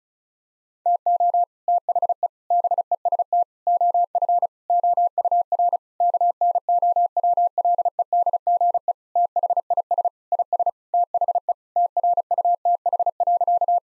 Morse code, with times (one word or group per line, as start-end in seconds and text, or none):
0.9-1.4 TO
1.7-2.3 THE
2.5-3.4 BEST
3.7-4.5 OF
4.7-5.8 OUR
6.0-8.9 KNOWLEDGE
9.2-10.1 THIS
10.3-10.7 IS
10.9-11.5 THE
11.8-13.8 TRUTH.